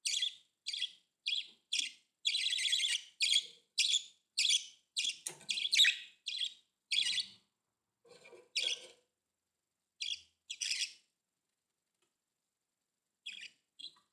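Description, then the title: Budgerigar chatter: quick buzzy chirps repeated rapidly at first, then thinning to scattered notes with pauses near the end. "Budgie Sounds"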